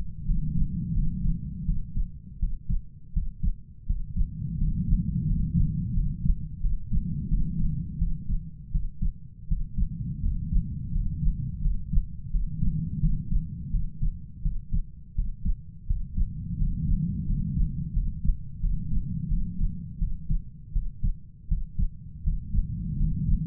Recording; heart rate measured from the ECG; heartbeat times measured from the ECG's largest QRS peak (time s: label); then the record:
heart sounds by stethoscope; 85 bpm
0.26 s: heartbeat
0.94 s: heartbeat
1.65 s: heartbeat
2.39 s: heartbeat
3.13 s: heartbeat
3.86 s: heartbeat
4.58 s: heartbeat
5.26 s: heartbeat
5.94 s: heartbeat
6.61 s: heartbeat
7.29 s: heartbeat
7.98 s: heartbeat
8.71 s: heartbeat
9.48 s: heartbeat
10.21 s: heartbeat
10.92 s: heartbeat
11.61 s: heartbeat
12.31 s: heartbeat
13.00 s: heartbeat
13.71 s: heartbeat
14.42 s: heartbeat
15.15 s: heartbeat
15.86 s: heartbeat
16.58 s: heartbeat
17.26 s: heartbeat
17.93 s: heartbeat
18.60 s: heartbeat
19.28 s: heartbeat
19.99 s: heartbeat
20.72 s: heartbeat
21.48 s: heartbeat
22.23 s: heartbeat
22.97 s: heartbeat
From the record:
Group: healthy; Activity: rest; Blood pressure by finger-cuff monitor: 119/77 mmHg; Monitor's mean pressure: 92 mmHg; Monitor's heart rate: 86 bpm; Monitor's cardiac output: 7.2 L/min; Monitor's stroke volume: 84 mL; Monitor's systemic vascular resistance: 940 dyn s/cm5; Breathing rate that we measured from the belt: 10 breaths a minute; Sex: male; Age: 33 years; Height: 179 cm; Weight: 80.4 kg